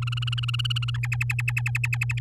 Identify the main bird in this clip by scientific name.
Serinus canaria